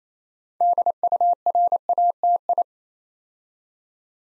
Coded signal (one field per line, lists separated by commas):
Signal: Morse code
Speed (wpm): 29 wpm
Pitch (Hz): 700 Hz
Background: none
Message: DURATI